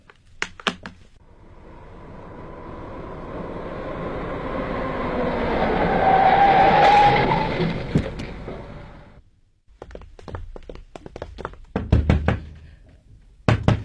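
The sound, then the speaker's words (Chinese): A train's rumble swells and fades, then a series of sharp, hard knocks on a door follows in quick, uneven bursts, fairly loud, with no one speaking. “快开门，快开门啊”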